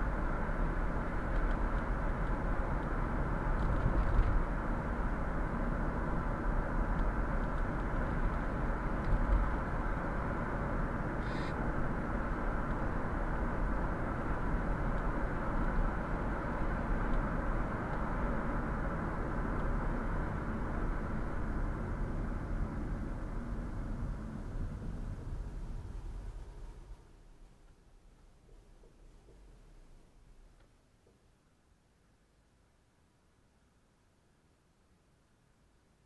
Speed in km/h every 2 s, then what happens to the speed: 49, 49, 49, 48, 48, 49, 49, 49, 49, 48, 39, 28, 16, 0, 0, 0, 0, 0.
0-18 steady at about 49. 18-27 brakes to 0. 27-36 standing.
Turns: none.